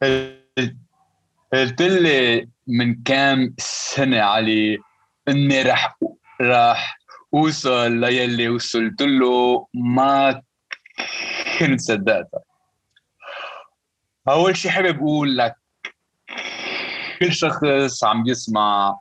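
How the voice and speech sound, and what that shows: An adult man with a lifelong, debilitating stutter speaks Arabic in short bursts. He repeats a word once, stretches several sounds, and stops for long silent gaps of up to about two seconds mid-phrase. The repetitions, prolongations and blocks fit stuttering that led him to avoid speaking almost entirely for more than 25 years.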